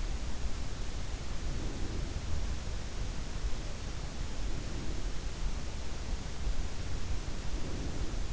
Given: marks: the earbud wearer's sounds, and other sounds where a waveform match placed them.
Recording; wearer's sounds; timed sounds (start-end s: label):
sounds in sleep by an in-ear microphone; breath
1.33-2.44 s: breath
4.33-5.37 s: breath
7.30-8.30 s: breath